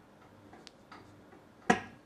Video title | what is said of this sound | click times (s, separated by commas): Best Air Cooler for Ryzen? Arctic Freezer 33 VS Hyper 212 LED | until you hear a click, then you know you're going to be threaded right. | 1.7 s